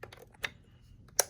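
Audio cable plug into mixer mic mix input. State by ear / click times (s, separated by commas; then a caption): seated / 1.2 s. An audio cable plug is pushed into the mic mix input on a mixer. A few faint taps and a brief rustle lead up to a sharp, short click at 1.2 s as the plug seats firmly in place.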